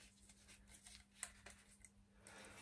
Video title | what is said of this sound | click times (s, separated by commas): 58. Jabsco water system install on the Narrowboat | keep that open push it in until you hear it click | 1.2 s